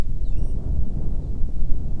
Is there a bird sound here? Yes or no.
yes